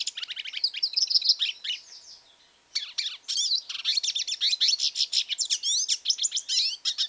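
Hooded siskin song: dense, high-pitched twitter of quick chirps, slurred whistles and buzzy trills, with one short faint stretch around the second second.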